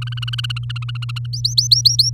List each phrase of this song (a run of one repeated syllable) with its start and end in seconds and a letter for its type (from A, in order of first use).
0.02-1.26 A, 1.33-2.10 B